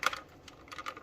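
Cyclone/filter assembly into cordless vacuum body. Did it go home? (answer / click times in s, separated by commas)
no / none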